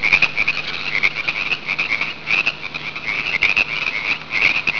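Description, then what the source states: Frogs calling in a dense chorus, many overlapping rapid croaking pulses at a fairly high pitch, continuous throughout with no pauses. Frogs in Turin.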